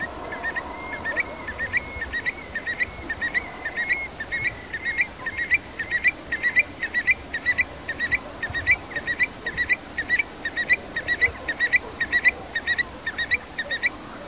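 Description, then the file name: Eurasian stone-curlew giving a long, regular series of shrill whistled notes, roughly two per second, with a steady rushing hiss underneath. "Occhione"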